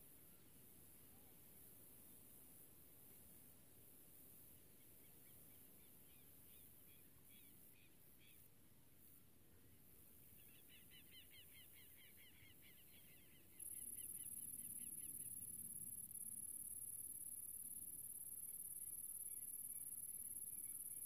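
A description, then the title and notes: Open countryside on a summer day, with a low steady rumble underneath. Rapid bird trills come through faintly around seven seconds and again more clearly from ten to fourteen seconds. At about thirteen seconds a loud, shrill, constant hiss like insects starts and continues to the end. Relaxing Sounds - Nature - Grasshopper. This was recorded a few years ago when i was filming a documentary in a small town called General Alvear. I found myself in the middle of the countryside under the summer sun and this little grasshoper appeard.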